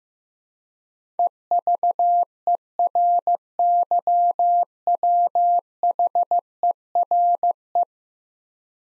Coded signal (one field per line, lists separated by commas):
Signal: Morse code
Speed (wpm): 15 wpm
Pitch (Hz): 700 Hz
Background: none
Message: EVERYWHERE